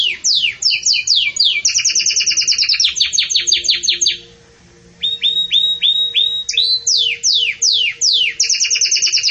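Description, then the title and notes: Belgian canary singing rapid repeated downslurred chirps and rolling trills, a short pause, then whistled notes and more fast chirping. Pure campainha song style, delivered with pauses, intended for training singing birds. "Canto Canário Belga Campainha Puro Com Pausa Para Treinamento. CANARIO BELGA"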